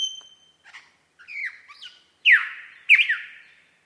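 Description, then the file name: Superb lyrebird song with a steady whistle, soft slurred notes, then two loud, sharp notes that plunge downward. Recorded at Mount Airly; date given as 30 May 2011. "SLB-mt airly"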